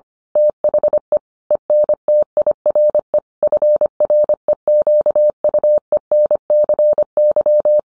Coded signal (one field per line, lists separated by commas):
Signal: Morse code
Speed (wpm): 25 wpm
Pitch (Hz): 600 Hz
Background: none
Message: THE ENTIRE FREQUENCY